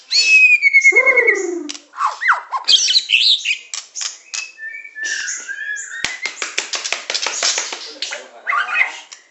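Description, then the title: Oriental magpie-robin song: a falling stuttered whistle, varied slurred phrases, then a fast series of sharp clicking notes and a closing warble. "Kicau Kacer"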